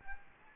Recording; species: mosquito wingbeat signal from an infrared sensor; Anopheles gambiae